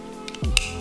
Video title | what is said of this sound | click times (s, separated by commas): BMW Red Start Button 🔴 CHEAP & EASY DIY - E90, E60 and more | it should just snap right on just like that | 0.6 s